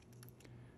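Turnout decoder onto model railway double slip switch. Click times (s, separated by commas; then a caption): 0.2 s, 0.3 s. A plastic Märklin 74462 digital turnout decoder is pressed onto a Märklin 24624 model railway double slip switch so its three push pins snap into the holes. Faint, sharp clicks are heard at 0.2 and 0.3 seconds against a low hum. The decoder seats and holds.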